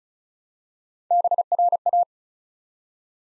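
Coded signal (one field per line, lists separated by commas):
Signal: Morse code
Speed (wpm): 36 wpm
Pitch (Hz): 700 Hz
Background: none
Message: BRA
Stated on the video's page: 35 wpm Morse practice building five-letter words one letter at a time, aimed at instant character recognition.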